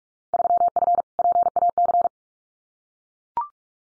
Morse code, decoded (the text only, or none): 3F PAC